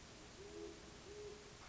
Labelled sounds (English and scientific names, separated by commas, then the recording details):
Great Horned Owl (Bubo virginianus)
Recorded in Sonoma County, California